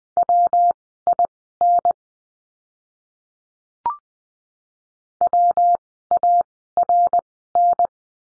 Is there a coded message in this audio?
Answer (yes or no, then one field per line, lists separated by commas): yes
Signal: Morse code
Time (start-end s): 0.2-7.9 s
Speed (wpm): 20 wpm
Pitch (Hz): 700 Hz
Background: none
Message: WIN WARN